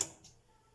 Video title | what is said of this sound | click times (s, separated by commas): Comment régler votre problème avec votre machine à coudre ? | Clac. C'est bien mis. | 0.0 s